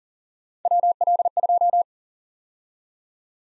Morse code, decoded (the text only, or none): WL2